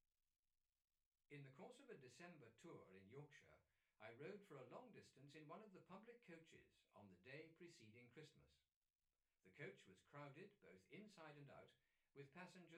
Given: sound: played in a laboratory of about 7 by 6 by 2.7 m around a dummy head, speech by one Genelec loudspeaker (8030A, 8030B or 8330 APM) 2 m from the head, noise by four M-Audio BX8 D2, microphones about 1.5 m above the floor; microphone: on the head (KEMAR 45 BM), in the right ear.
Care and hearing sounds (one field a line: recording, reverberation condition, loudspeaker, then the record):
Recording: male speech in English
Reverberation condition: low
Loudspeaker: 90 degrees to the left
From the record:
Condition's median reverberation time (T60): about 310 ms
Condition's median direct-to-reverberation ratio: about 3.5 dB